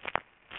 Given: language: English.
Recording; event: throat vibration sensor signal played as sound; swallow